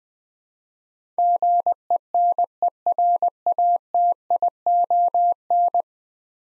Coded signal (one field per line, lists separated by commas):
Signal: Morse code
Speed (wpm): 20 wpm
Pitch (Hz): 700 Hz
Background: none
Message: GENERATION